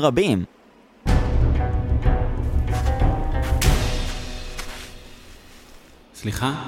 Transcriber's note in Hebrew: נשמעת רוח בפתח המערה ואז צעדים